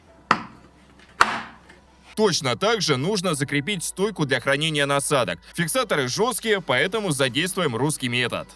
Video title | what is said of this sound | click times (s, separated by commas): Deerma DEM BY700 🔥 Обзор +Тесты 🔥 Моющий пылесоса с функцией чистки мебели ✅ Химчистка на дому! | Просто зажимаем до щелчка. Ничего сложного. | 0.3 s, 1.2 s